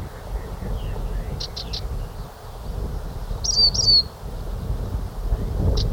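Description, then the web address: Lesser goldfinch calls: quick high chips, then two plaintive falling whistles in close succession, with a faint final chip, against a constant low background hum. Recorded in Ecuador, South America. "Birds of Ecuador Lesser Goldfinch"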